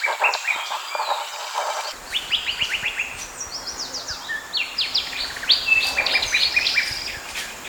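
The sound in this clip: Sinaloa wren song in busy birdsong: runs of rapid down-slurred whistled notes in bursts, overlapping other chirps and a steady faint hiss.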